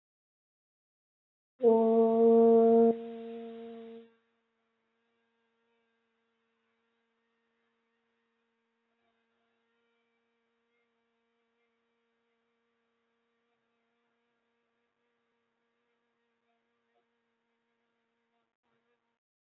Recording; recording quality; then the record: sustained vowel as in boot; excellent, no background noise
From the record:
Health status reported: healthy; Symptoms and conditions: none ticked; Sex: female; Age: 21 years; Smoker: not ticked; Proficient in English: yes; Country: India